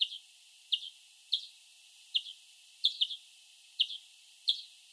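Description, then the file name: European greenfinch calls, sharp high chirps, often doubled, about once every two-thirds of a second throughout. "Chloris chloris"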